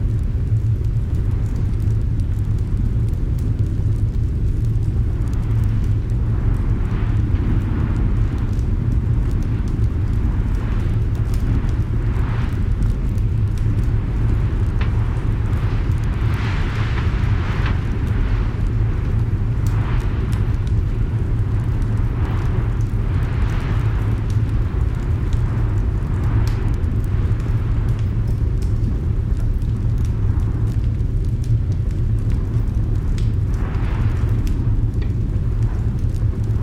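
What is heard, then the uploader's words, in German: A crackling fireplace inside a cabin with a storm outside. A deep, steady rumble like wind fills the low end without letup, while sharp pops and snaps from the fire break through irregularly, sometimes in small clusters, throughout the whole clip. Gemütliche Hütte im Sturm. Eine ASMR knisternde Kaminfeuer-Atmosphäre. Aufgenommen in einer gemütlichen Hütte, geschmückt mit einem großen Wollteppich und dem größten, prasselndsten Feuer, das Sie je gehört haben. Draußen tobt ein Sturm, seine Winde peitschen gegen das Haus und drohen, seine Grundfeste zu erschüttern.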